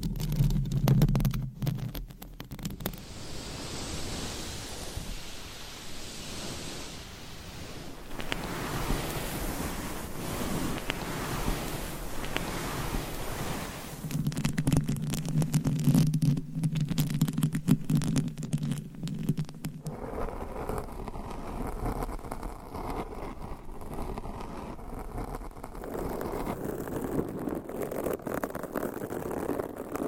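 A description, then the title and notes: Mic scratching makes a dense, steady rasping hiss with low rumbling bursts near the start and mid-clip, then turns softer and duller after twenty seconds. ASMR Mic Scratching with 20 DIFFERENT MICS, Mic Covers & CLAWS! No Talking.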